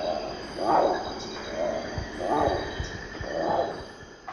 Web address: Natures Songs S America Eastern Lowlands Spix's Guan